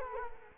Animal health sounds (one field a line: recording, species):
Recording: mosquito wingbeat signal from an infrared sensor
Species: Culex quinquefasciatus